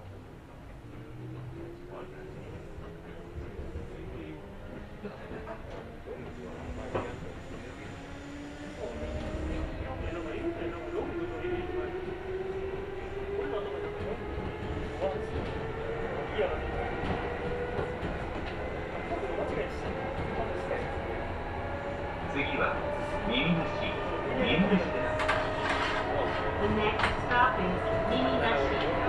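A Kintetsu Osaka Line semi-express train heard while riding, with a steady rumble of the cars. Rising motor whine climbs gradually as the train accelerates, growing louder after about nine seconds, with rail clicks and brief speech-like sounds mixed in.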